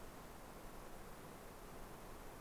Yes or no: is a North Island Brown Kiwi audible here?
no